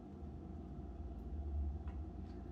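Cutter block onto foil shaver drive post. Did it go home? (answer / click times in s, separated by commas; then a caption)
no / none. A cutter block is pushed onto the drive post of a Remington PF7855 foil shaver over a low, steady rumble, with only a faint short sound near 1.9 s. The cutter has not clicked or seated yet.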